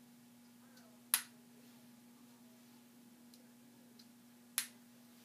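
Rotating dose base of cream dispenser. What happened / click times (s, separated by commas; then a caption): A plastic dial turned through two detent clicks / 1.1 s, 4.6 s. The plastic base of a metered cream dispenser is turned two clicks, and each detent gives a sharp click at 1.1 s and 4.6 s to dispense cream, for a total of half a milliliter. A steady low hum runs underneath, with a couple of faint ticks between the clicks. Both doses click into place as intended.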